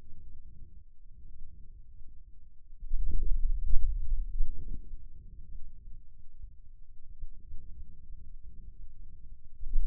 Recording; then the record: forearm muscle sounds (acoustic myography)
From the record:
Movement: hand closing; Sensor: system 2, bracelet of six BSWA MPA416 microphones around the upper forearm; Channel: 2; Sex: male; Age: 22 years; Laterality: right